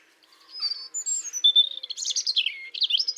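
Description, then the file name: European robin singing thin high notes, a clear sustained whistle, then fast liquid twittering trills. "Erithacus rubecula"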